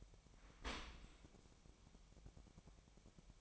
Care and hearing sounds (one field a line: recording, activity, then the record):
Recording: daily activity, microphone in the room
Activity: open dishwasher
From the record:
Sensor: 1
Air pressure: 1003.1 hPa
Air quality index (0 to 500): 196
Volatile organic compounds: 6 ppm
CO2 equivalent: 1876 ppm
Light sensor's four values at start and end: 29/73/31/38 and 29/72/31/37